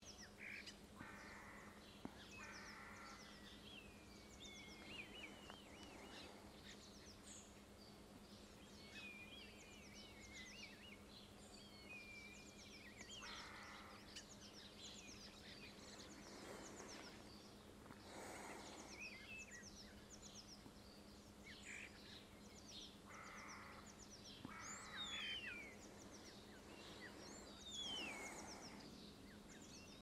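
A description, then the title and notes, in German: A small group of starlings chatters without pause, trading sliding whistles, quick clicks, rattles and short buzzy bursts that overlap densely. A steady low hum runs underneath throughout. Starenquartett. Frühlingsboten vor der Haustür.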